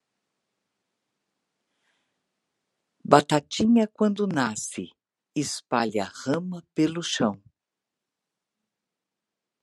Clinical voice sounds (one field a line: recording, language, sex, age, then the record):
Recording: short text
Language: Brazilian Portuguese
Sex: female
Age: 60 to 69 years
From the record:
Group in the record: control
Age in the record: 61 years